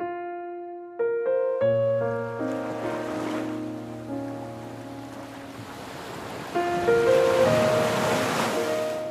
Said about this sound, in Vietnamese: Đêm Phú Quốc tháng 11, biển lặng lẽ thở than, gió mơn man từng rặng dừa, mang theo vị mặn mòi đặc trưng của xứ đảo.